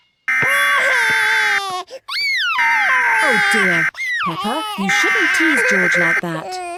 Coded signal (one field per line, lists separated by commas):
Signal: Emergency Alert System (SAME) tones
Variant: header bursts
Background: speech